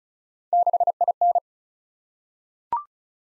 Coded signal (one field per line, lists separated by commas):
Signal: Morse code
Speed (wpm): 36 wpm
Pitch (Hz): 700 Hz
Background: none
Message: 6IN